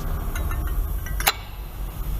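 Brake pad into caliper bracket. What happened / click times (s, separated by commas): The metal pad seated in its bracket / 1.2 s, 1.3 s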